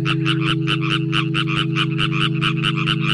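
Frogs croak in a fast, steady train of raspy pulses, about five per second, filling the whole stretch at an even loudness over a constant low hum.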